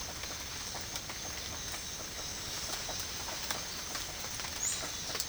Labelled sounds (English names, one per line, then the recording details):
none
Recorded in pastures near Puerto Asís, Putumayo, Colombia, on 12 March 2025 at 08:00
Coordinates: 0.502, -76.324
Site GP07